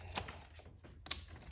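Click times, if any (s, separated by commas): 1.1 s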